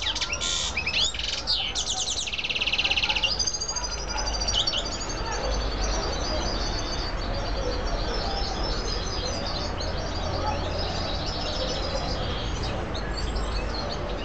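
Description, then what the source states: Canary song: a burst of rapid trills and buzzy rolls in the first seconds, then scattered faint high chirps over steady background noise and a low hum. Female.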